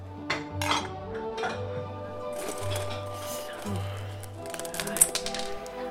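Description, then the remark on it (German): Clean dishes on a drying rack clink and clatter in a kitchen, a scattered series of short, bright knocks and chinks over a low, steady hum, with one sharper clank near the end. “alles in der Küche ist so, wie ich es hinterlassen habe. Sauberes Geschirr auf dem Trockengestell”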